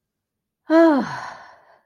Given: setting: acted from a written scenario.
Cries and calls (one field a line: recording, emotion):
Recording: vocal sound without words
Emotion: relief